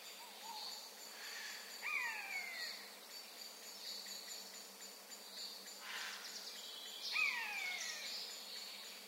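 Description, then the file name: Eurasian jay giving two downward-sliding mewing calls several seconds apart, with a short low note early on, over a steady high-pitched background. "Garrulus glandarius"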